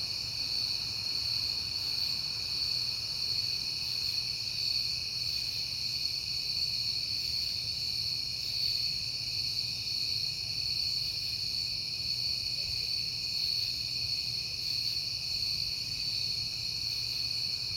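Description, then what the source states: Cricket chorus, an unbroken high ringing trill, with a soft low hum underneath. Crickets at night in September, on a peaceful night.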